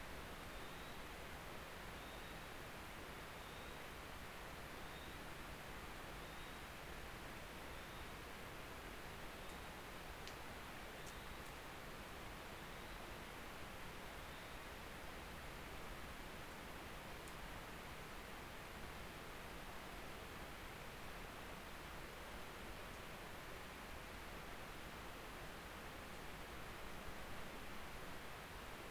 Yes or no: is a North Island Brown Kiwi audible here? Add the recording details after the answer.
yes. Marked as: faintness 4/5. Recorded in New Zealand on 19 October 2013. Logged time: 01:58. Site CR37